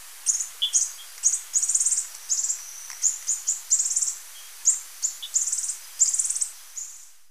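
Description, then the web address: Violet-tailed sylph making high, buzzy chattering bursts, some short and some drawn out, in an irregular sequence with brief pauses between them. Recorded in Ecuador. "Birds of Ecuador. Violet-tailed Sylph"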